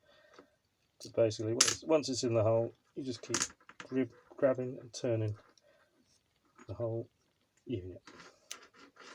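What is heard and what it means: A clear plastic protective case cap with a lanyard is fed through the hole and the whole unit is turned on an XP Mi6/Mi4 pinpointer detector while someone talks. The cap twists and clicks home with a sharp click at 8.5 s, seating the case shut with the lanyard on.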